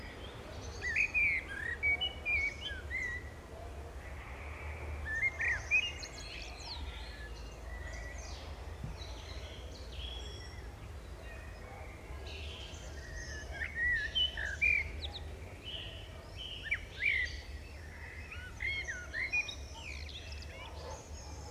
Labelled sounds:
Common Blackbird (Turdus merula) song

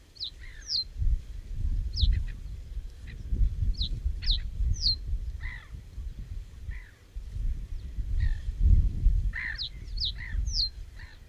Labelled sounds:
Reed Bunting (Emberiza schoeniclus) song

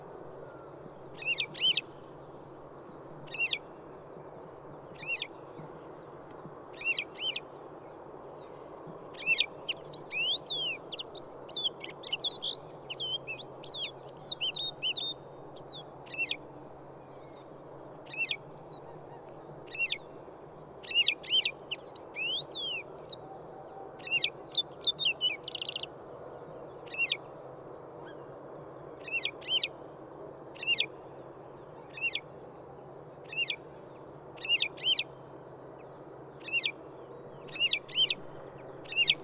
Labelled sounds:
Wood Lark (Lullula arborea)

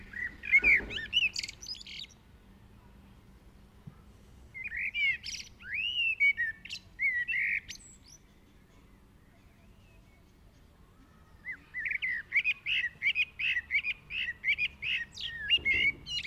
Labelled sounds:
Common Blackbird (Turdus merula) song

